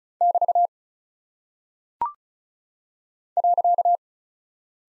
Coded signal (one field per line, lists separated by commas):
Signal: Morse code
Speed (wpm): 36 wpm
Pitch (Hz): 700 Hz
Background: none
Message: <BT> .